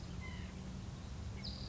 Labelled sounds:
White-breasted Nuthatch
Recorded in Sonoma County, California

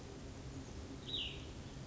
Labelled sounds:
Cassin's Vireo
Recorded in Sonoma County, California

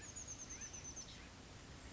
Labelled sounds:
Chestnut-backed Chickadee
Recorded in Sonoma County, California

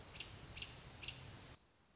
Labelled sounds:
American Robin
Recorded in Sonoma County, California

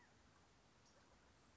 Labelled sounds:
California Quail
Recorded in Sonoma County, California

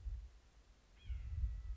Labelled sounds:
White-breasted Nuthatch
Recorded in Sonoma County, California

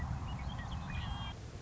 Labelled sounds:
Western Meadowlark
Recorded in Sonoma County, California

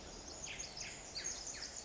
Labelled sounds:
Pacific Wren
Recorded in Sonoma County, California

